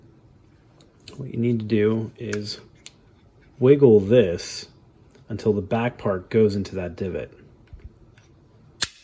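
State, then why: Seated. Someone talks while wiggling the steel guide rod and spring of a .22 pistol during reassembly, working its back end toward the divot, with a few faint handling ticks. At 8.8 s the guide rod assembly seats into its divot in the pistol with a single sharp snap.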